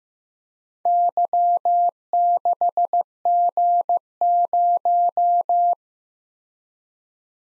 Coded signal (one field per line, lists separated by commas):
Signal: Morse code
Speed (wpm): 15 wpm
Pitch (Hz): 700 Hz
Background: none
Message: Y6G0